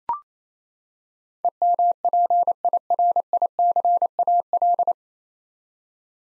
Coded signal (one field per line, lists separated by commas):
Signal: Morse code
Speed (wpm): 28 wpm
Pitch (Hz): 700 Hz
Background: none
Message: EMPIRICAL